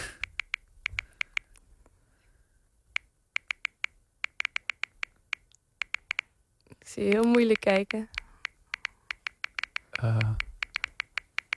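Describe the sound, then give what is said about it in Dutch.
Bursts of quick, crisp taps from typing on a mobile phone, irregular clusters of sharp clicks running throughout, with brief talking twice partway through. “Oh, dat is je telefoon.”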